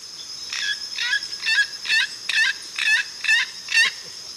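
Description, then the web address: Plate-billed mountain toucan calling: a steady series of nasal, buzzy notes, roughly two per second, over a constant high whine. Ecuador. "Natures Songs S America Birds of Ecuador Plate-billed Mountain-Toucan"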